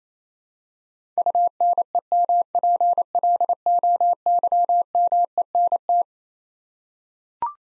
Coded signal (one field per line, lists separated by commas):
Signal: Morse code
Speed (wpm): 27 wpm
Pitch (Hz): 700 Hz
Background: none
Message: UNEMPLOYMENT